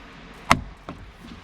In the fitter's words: Put it back in the hole and then push it down till it clicks.